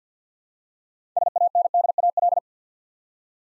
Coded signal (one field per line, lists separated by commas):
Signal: Morse code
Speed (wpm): 51 wpm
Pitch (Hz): 700 Hz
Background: none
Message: SANDAL